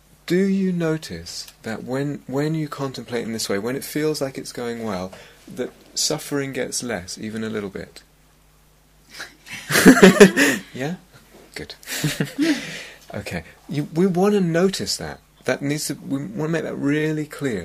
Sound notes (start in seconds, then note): 9.5 laughs; 11.9 laughs